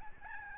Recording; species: mosquito wingbeat signal from an infrared sensor; Aedes albopictus